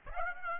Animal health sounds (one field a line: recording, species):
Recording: mosquito wingbeat signal from an infrared sensor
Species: Aedes aegypti